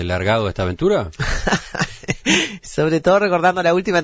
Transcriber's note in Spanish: Se ríe